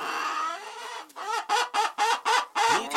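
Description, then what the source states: Chicken clucking: a drawn-out call followed by a quick series of several short, sharp clucks. Chickens in a coop.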